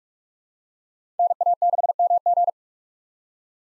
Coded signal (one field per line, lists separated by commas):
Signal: Morse code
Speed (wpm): 41 wpm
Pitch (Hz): 700 Hz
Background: none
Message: NA6MG